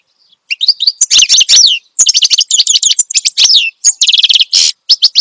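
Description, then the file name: Finch song: after a short silence, quick bursts of high twittering notes and buzzy trills follow one another. Finch singing steadily and loudly (gacor), offered as a recording for training other songbirds (masteran). "Suara Kicauan Burung Finch Gacor Dor Cocok Untuk Masteran"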